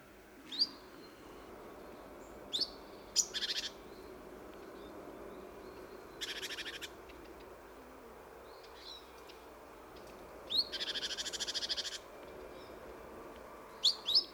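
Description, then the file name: Great tit churring calls, several buzzy rattles, one long, mixed with sharp clicking notes at intervals. "Parus major"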